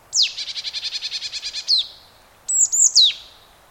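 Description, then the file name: Marsh tit calling: a single sharp note leads into a fast, buzzy run of about a dozen notes, then a few high, downslurred notes. "Poecile palustris"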